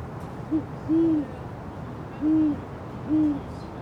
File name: Quiet American - Great Horned Owls at dusk on Bernal Hill, San Francisco